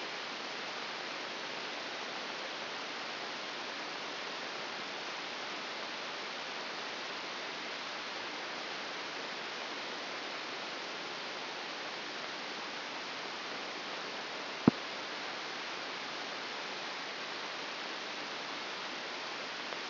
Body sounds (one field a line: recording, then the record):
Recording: brain microelectrode recording played as sound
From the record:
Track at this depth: inside the subthalamic nucleus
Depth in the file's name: 3.298 mm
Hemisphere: left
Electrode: 2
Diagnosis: Parkinson's disease